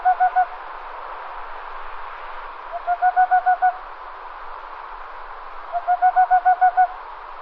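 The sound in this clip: Bird calling in brief runs of fast, even low hoots, one series every three seconds or so, against a continuous hissing background.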